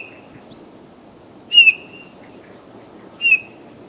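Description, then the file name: Eurasian bullfinch uttering two mellow, plaintive whistled notes with a gently descending tail, spaced well apart against steady low background noise. "Pyrrhula pyrrhula"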